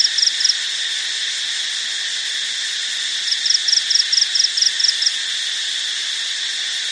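Cricket sound: a few pulsed chirps at the start, a pause, then a bout of about eight evenly spaced high chirps, backed by steady hiss.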